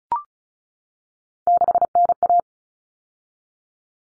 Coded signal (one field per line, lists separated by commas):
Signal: Morse code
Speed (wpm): 34 wpm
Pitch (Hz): 700 Hz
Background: none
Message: 6NA